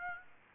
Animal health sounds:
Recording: mosquito wingbeat signal from an infrared sensor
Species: Aedes aegypti

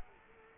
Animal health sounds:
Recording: mosquito wingbeat signal from an infrared sensor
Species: Culex quinquefasciatus

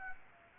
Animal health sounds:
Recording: mosquito wingbeat signal from an infrared sensor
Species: Aedes aegypti

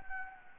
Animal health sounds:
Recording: mosquito wingbeat signal from an infrared sensor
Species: Anopheles gambiae

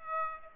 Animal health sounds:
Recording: mosquito wingbeat signal from an infrared sensor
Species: Aedes aegypti

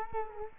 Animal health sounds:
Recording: mosquito wingbeat signal from an infrared sensor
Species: Culex quinquefasciatus

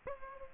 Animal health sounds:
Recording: mosquito wingbeat signal from an infrared sensor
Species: Aedes aegypti

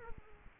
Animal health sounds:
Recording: mosquito wingbeat signal from an infrared sensor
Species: Aedes aegypti

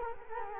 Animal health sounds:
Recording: mosquito wingbeat signal from an infrared sensor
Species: Culex quinquefasciatus

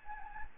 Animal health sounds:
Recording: mosquito wingbeat signal from an infrared sensor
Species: Anopheles gambiae

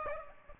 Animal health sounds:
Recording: mosquito wingbeat signal from an infrared sensor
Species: Aedes aegypti

